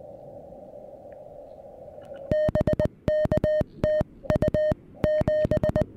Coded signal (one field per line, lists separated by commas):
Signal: Morse code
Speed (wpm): 20 wpm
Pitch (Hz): 1850 Hz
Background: music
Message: BK TU 7